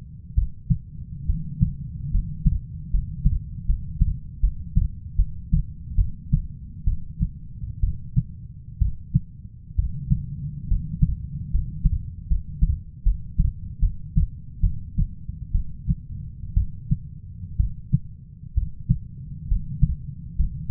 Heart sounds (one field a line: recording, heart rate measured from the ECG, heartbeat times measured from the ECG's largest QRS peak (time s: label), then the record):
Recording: heart sounds by stethoscope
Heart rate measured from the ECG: 69 bpm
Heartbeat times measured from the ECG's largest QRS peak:
0.35 s: heartbeat
1.26 s: heartbeat
2.11 s: heartbeat
2.91 s: heartbeat
3.66 s: heartbeat
4.41 s: heartbeat
5.16 s: heartbeat
5.96 s: heartbeat
6.85 s: heartbeat
7.80 s: heartbeat
8.79 s: heartbeat
9.76 s: heartbeat
10.68 s: heartbeat
11.51 s: heartbeat
12.28 s: heartbeat
13.03 s: heartbeat
13.80 s: heartbeat
14.61 s: heartbeat
15.52 s: heartbeat
16.54 s: heartbeat
17.57 s: heartbeat
18.54 s: heartbeat
19.48 s: heartbeat
20.36 s: heartbeat
From the record:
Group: healthy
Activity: rest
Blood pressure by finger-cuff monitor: 139/66 mmHg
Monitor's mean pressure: 91 mmHg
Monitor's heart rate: 66 bpm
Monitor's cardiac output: 6.6 L/min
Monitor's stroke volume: 87 mL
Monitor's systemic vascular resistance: 1020 dyn s/cm5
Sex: female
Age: 37 years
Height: 168 cm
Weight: 70 kg